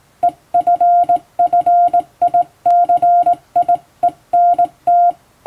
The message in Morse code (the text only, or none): EFFICIENT